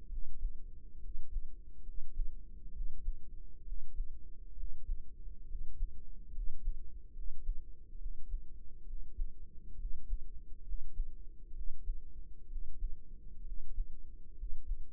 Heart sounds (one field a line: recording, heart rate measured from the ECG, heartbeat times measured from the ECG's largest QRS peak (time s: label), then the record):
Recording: heart sounds by microphone in the right ear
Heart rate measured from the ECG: 67 bpm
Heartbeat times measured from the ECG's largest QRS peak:
0.06 s: heartbeat
0.98 s: heartbeat
1.81 s: heartbeat
2.70 s: heartbeat
3.62 s: heartbeat
4.53 s: heartbeat
5.45 s: heartbeat
6.30 s: heartbeat
7.11 s: heartbeat
7.96 s: heartbeat
8.83 s: heartbeat
9.75 s: heartbeat
10.62 s: heartbeat
11.51 s: heartbeat
12.46 s: heartbeat
13.42 s: heartbeat
14.33 s: heartbeat
From the record:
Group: healthy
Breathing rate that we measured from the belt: 14 breaths a minute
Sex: male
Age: 20 years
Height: 167 cm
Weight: 61 kg